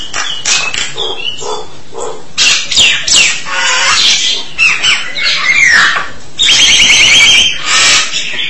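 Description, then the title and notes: Starling song: a varied run of whistles, harsh rasping notes and quick chirps in uneven bursts, with a sliding whistled phrase near the end. "suara burung jalak"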